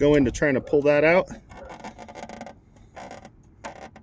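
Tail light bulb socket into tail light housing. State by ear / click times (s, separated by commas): seated / 3.7 s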